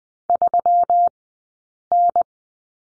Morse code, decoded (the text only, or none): 3N